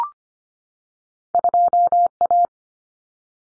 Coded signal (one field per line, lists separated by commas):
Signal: Morse code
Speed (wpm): 25 wpm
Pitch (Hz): 700 Hz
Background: none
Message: 2A